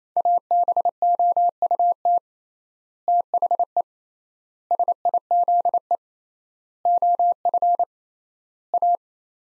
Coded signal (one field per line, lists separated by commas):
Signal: Morse code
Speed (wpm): 28 wpm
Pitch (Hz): 700 Hz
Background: none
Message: ABOUT THE SIZE OF A